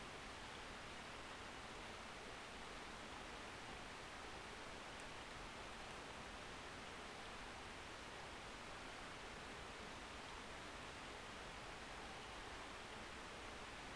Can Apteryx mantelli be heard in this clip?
no